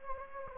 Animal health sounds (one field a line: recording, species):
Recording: mosquito wingbeat signal from an infrared sensor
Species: Anopheles gambiae